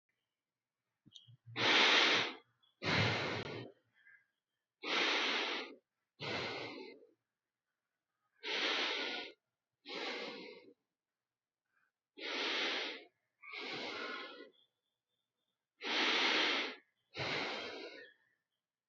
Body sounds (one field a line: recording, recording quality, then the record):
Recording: deep breathing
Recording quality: excellent, no background noise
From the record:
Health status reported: healthy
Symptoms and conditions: none ticked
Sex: male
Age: 31 years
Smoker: not ticked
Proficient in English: yes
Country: India